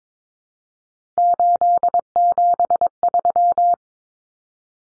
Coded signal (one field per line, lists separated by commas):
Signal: Morse code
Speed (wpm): 22 wpm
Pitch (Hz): 700 Hz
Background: none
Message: 873